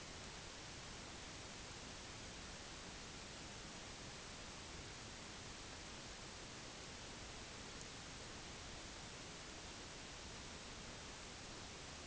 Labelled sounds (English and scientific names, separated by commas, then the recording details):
none
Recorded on Arctic tundra, site NAIT-1, on 30 June 2019
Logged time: 06:00